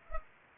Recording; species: mosquito wingbeat signal from an infrared sensor; Culex pipiens